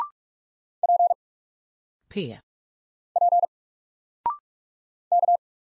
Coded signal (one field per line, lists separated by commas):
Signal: Morse code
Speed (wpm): 46 wpm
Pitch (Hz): 700 Hz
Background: none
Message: P P K